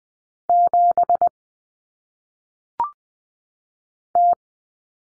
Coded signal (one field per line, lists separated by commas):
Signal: Morse code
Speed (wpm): 20 wpm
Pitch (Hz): 700 Hz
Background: none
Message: 7 T